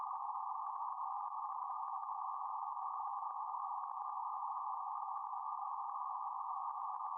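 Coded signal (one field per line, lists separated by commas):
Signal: PSK31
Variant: BPSK31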